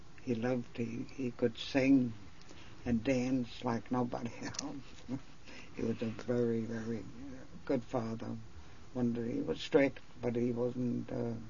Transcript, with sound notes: He loved the, he could sing and dance like nobody else. ( she laughs ) He was a very, very good father. He was strict, but he wasn't,